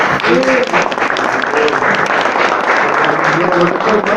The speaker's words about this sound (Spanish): Vamos a bendecir los alimentos que nos trajeron de la renovación carismática de San Sebastián, grupo de oración. Que les agradecemos con un fuerte aplauso.